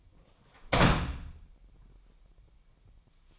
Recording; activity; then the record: daily activity, microphone in the room; close door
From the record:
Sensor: 1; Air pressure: 998.3 hPa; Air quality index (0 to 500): 131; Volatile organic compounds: 4 ppm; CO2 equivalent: 1566 ppm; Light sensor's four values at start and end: 19/62/25/25 and 19/62/25/25